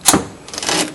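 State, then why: Seated. A headlight's plastic electrical plug on a 2010 Kia Rondo is pushed back into its wiring harness connector down low. It snaps in with a sharp click at 0.1 s, followed by softer rustling and handling noise. The plug is seated.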